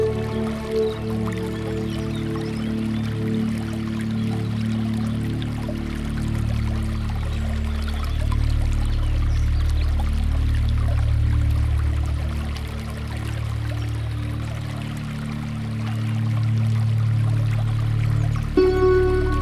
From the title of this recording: Water Running Through the Garden